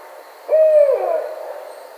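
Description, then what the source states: Barred owl giving a single steady mid-pitched hoot, held about half a second, then sliding downward and trailing off into a fading, slightly rough tail. Recorded 10 May 2009.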